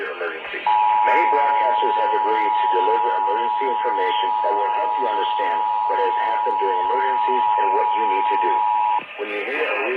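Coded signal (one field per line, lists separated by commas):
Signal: Emergency Alert System (SAME) tones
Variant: 853 and 960 Hz attention tone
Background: speech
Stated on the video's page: Required Monthly Tests relayed by Los Angeles stations at 4am, including an AM radio station.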